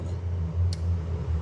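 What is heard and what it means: A flaring tool's cone is turned slowly on a copper pipe held in the flaring block until its slip clutch releases. A short, bright tick is heard at 0.7 s over a steady low rumble. The tick marks the clutch slipping free, confirming the flare has reached torque.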